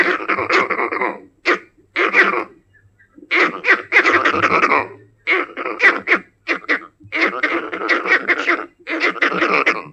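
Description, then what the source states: Guenon calls: rasping, throaty chatter in repeated bursts of varying length separated by brief pauses. African monkey of the genus Cercopithecus.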